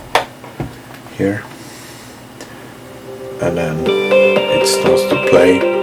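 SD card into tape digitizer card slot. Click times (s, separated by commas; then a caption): 0.2 s. An SD memory card is pushed into the card slot of a DJTech k7 encoder 10 tape-to-MP3 digitizer until it clicks into place, with a sharp click at 0.2 s and smaller knocks at 0.6 s and 2.4 s. Someone talks, and from about 3.4 s music plays from the device as it starts playback from USB.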